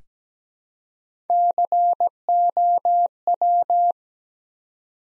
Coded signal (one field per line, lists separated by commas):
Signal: Morse code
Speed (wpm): 17 wpm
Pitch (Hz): 700 Hz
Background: none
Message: COW